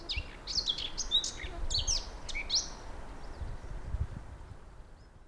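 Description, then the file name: Eurasian blackcap delivering a fast, jumbled warble of chirps and whistles in the first three seconds, then fading, with low rumbling noise beneath. "Sylvia atricapilla"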